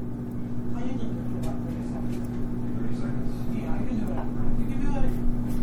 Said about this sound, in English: if you want to melt butter in the microwave